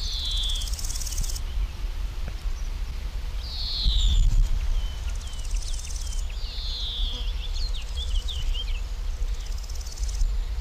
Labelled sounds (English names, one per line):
Marsh Warbler song